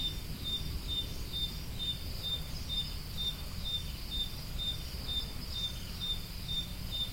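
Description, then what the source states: Cricket producing regular high-pitched chirps near two a second, accompanied by a faint upper insect trill and continuous low rumble. Crickets, more than one, recorded at Roodekopjes.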